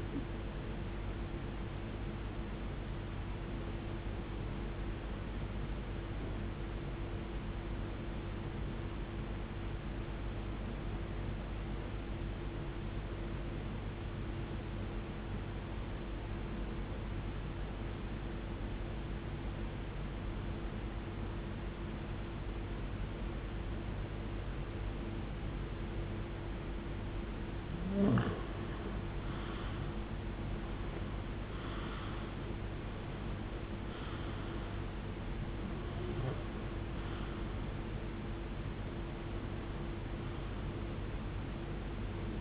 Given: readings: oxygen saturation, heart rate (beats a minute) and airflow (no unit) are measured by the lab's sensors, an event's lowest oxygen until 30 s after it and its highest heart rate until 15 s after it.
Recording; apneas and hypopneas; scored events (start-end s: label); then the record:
breathing in sleep by a voice recorder at the bedside; 1
10.00-33.00 s: hypopnea (N1, oxygen 95% highest, then 93% lowest, heart rate 64 at the start, 74 highest)
From the record:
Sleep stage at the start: N1 (lightest sleep); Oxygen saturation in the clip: 93 to 95%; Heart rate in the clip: 46 to 74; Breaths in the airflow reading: 10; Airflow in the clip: -16.7 to 14.0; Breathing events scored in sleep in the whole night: 389 in 6.3 hours asleep